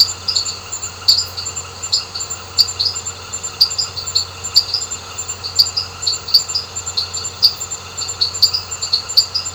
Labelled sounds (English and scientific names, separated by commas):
none